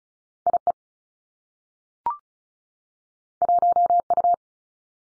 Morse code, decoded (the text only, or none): I E 1 U